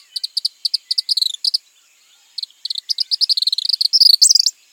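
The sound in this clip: Tropical kingbird twittering calls: sharp high chips in quick runs that speed into a sputtering trill, a short pause, then another accelerating series ending in a rising twitter.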